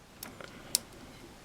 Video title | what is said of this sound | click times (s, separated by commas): Real Grade 00 Raiser Gundam Kit Review | Snaps in place. | 0.8 s